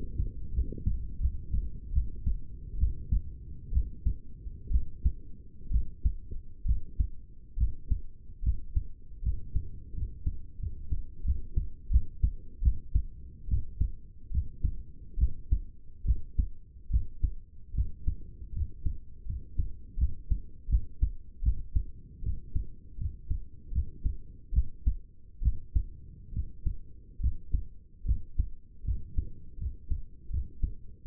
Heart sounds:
heart sounds by stethoscope; 75 bpm
0.53 s: heartbeat
1.20 s: heartbeat
1.93 s: heartbeat
2.78 s: heartbeat
3.72 s: heartbeat
4.71 s: heartbeat
5.71 s: heartbeat
6.66 s: heartbeat
7.57 s: heartbeat
8.43 s: heartbeat
9.23 s: heartbeat
9.94 s: heartbeat
10.60 s: heartbeat
11.24 s: heartbeat
11.90 s: heartbeat
12.62 s: heartbeat
13.48 s: heartbeat
14.31 s: heartbeat
15.18 s: heartbeat
16.05 s: heartbeat
16.90 s: heartbeat
17.74 s: heartbeat
18.53 s: heartbeat
19.26 s: heartbeat
19.98 s: heartbeat
20.69 s: heartbeat
21.43 s: heartbeat
22.23 s: heartbeat
22.98 s: heartbeat
23.72 s: heartbeat
24.53 s: heartbeat
25.42 s: heartbeat
26.33 s: heartbeat
27.20 s: heartbeat
28.05 s: heartbeat
28.84 s: heartbeat
29.58 s: heartbeat
30.30 s: heartbeat
31.06 s: heartbeat
From the record:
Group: healthy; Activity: rest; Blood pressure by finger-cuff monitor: 105/75 mmHg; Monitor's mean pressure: 82 mmHg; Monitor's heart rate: 74 bpm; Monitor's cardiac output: 5.5 L/min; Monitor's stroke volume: 72 mL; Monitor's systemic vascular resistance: 1080 dyn s/cm5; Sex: male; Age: 21 years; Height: 170 cm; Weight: 71 kg

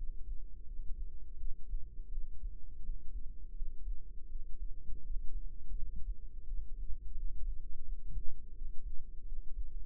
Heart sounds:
heart sounds by microphone in the left ear; 84 bpm
0.64 s: heartbeat
1.36 s: heartbeat
2.09 s: heartbeat
2.81 s: heartbeat
3.53 s: heartbeat
4.27 s: heartbeat
5.01 s: heartbeat
5.74 s: heartbeat
6.44 s: heartbeat
7.14 s: heartbeat
7.83 s: heartbeat
8.52 s: heartbeat
9.23 s: heartbeat
From the record:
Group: healthy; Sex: female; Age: 51 years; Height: 162 cm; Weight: 70.04 kg

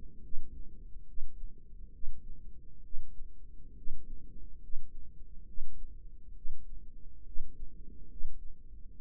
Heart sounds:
heart sounds by microphone in the right ear; 69 bpm
0.25 s: heartbeat
1.09 s: heartbeat
1.94 s: heartbeat
2.85 s: heartbeat
3.78 s: heartbeat
4.64 s: heartbeat
5.49 s: heartbeat
6.37 s: heartbeat
7.27 s: heartbeat
8.11 s: heartbeat
8.92 s: heartbeat
From the record:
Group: healthy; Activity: rest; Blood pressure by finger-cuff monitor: 148/93 mmHg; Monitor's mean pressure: 107 mmHg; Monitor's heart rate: 69 bpm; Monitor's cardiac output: 7.5 L/min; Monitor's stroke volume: 109 mL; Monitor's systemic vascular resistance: 1080 dyn s/cm5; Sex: male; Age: 30 years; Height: 188 cm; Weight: 110.2 kg

